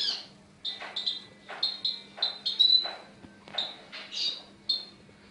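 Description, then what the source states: Sunbird: small bird singing twittering high phrases mixed with bursts of rustling, scraping noise. Mountain sunbird, champion songbird.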